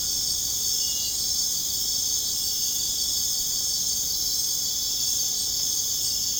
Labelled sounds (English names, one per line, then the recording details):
none
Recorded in dense forest near Puerto Asís, Putumayo, Colombia, on 22 June 2025 at 20:00
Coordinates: 0.486, -76.317
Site G065